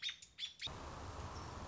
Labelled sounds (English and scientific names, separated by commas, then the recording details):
American Robin (Turdus migratorius)
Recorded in Sonoma County, California